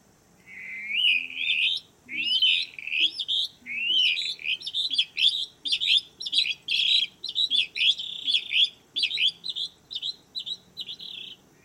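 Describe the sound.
Tit song: a rapid series of high, clear whistled notes, each sliding upward, given in quick bursts and running on steadily for about ten seconds.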